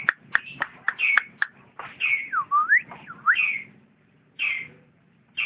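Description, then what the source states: Lovebird song of sharp clicks and chips, then swooping whistled notes rising and falling, with short pauses. Champion lovebird singing.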